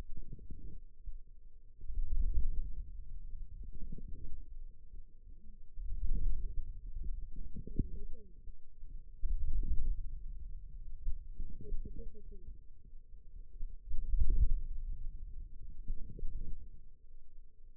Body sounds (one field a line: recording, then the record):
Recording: forearm muscle sounds (acoustic myography)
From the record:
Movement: wrist flexion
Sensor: system 2, bracelet of six BSWA MPA416 microphones around the upper forearm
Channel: 3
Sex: female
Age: 21 years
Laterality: right